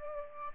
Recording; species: mosquito wingbeat signal from an infrared sensor; Aedes aegypti